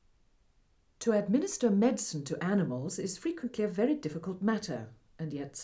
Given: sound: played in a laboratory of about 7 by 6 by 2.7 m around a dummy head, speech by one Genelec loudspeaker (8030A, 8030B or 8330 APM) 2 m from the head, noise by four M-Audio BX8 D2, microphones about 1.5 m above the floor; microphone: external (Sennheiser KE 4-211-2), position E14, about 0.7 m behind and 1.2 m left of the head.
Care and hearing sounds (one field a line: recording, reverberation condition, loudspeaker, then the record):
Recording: female speech in English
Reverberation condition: low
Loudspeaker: 150 degrees to the left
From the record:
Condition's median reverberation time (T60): about 310 ms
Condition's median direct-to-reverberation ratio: about 3.5 dB